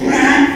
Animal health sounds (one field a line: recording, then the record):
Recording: squeal of a Yucatan mini pig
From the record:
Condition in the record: after surgery on the right vocal fold (resection and tissue-engineered implant)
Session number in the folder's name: 4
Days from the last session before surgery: 42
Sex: male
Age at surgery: 12 weeks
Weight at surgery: 13 kg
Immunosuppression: cyclosporine, prednisolone